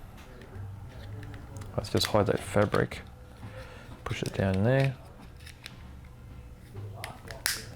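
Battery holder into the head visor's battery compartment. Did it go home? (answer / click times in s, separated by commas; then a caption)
yes / 7.5 s. A battery holder with three batteries is slid down onto its base in the battery compartment of an Optrix Five Magvisor head visor, the fabric is tucked away, and the holder is pushed down while someone talks. Soft handling clicks and rustles are heard, then a sharp click at 7.5 s as the holder clicks back into place.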